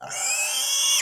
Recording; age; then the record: pig call; weaner (32 to 43 days)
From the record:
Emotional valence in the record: negative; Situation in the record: restrain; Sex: male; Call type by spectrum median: high-frequency call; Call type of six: high-frequency stable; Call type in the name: high-frequency stable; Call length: 1.01 s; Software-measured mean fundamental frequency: 159 Hz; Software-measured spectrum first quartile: 3107 Hz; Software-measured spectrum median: 5471 Hz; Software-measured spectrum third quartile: 7112 Hz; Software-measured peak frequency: 3351 Hz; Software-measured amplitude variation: 63 dB a second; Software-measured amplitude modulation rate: 23.8 a second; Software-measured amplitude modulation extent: 2.6 dB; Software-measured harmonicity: 3.4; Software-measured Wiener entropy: -2.43